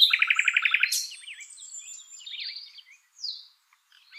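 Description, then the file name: Common nightingale song opening with a fast run of repeated throaty notes, followed by a sharp high note and a varied twittering flourish. "Luscinia megarhynchos"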